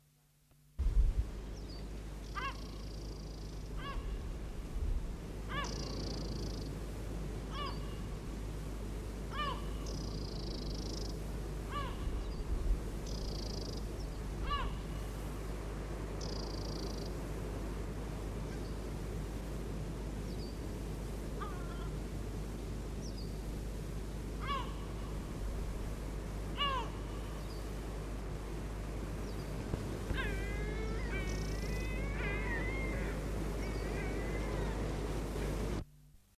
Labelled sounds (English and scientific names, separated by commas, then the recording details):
Olrog's Gull (Larus atlanticus) call
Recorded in the wild
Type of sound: call
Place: La Gomera, Canarian Islands, ES
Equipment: Halbspur, 9,5 cm/s
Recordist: Lütgens, Hans
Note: Rufe